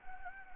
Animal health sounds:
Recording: mosquito wingbeat signal from an infrared sensor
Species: Anopheles gambiae

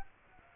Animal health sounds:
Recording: mosquito wingbeat signal from an infrared sensor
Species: Culex quinquefasciatus

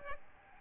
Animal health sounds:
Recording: mosquito wingbeat signal from an infrared sensor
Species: Aedes albopictus

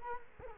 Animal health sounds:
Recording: mosquito wingbeat signal from an infrared sensor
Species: Culex quinquefasciatus

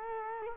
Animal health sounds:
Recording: mosquito wingbeat signal from an infrared sensor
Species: Culex quinquefasciatus

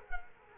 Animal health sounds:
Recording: mosquito wingbeat signal from an infrared sensor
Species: Culex quinquefasciatus

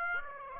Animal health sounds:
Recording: mosquito wingbeat signal from an infrared sensor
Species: Aedes aegypti

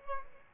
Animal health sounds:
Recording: mosquito wingbeat signal from an infrared sensor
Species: Aedes albopictus

